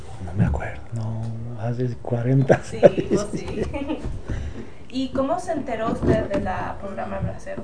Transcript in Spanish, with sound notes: No me acuerdo. No, hace cuarenta años (risas)
Sí, pos, sí. Y, ¿cómo se enteró usted de la Programa Bracero?